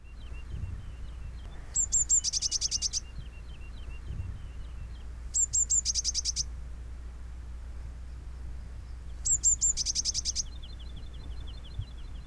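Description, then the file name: Eurasian blue tit song: three phrases about four seconds apart, each with a few high thin notes then a quick rattling trill; softer chirps between phrases. "Cyanistes caeruleus"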